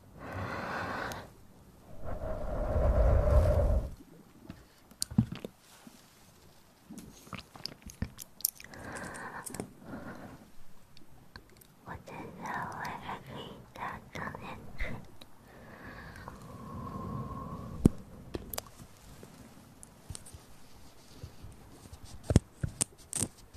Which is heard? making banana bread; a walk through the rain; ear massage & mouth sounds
ear massage & mouth sounds